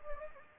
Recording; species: mosquito wingbeat signal from an infrared sensor; Anopheles gambiae